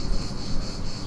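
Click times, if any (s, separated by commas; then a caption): none. A fuel pump wiring coupler is handled at the fuel pump connector on the fuel tank of a 3rd generation Suzuki DL650 V-Strom L7 motorcycle. Only steady low rumble and hiss with faint rubbing are heard, plus a thin tone near 4 kHz and no sharp hits. Nothing has seated or clicked yet.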